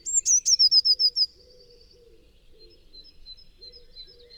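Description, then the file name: Eurasian blue tit song: sharp high lead-in notes then a fast descending trill, followed by quiet lower bird chatter. "Cyanistes caeruleus"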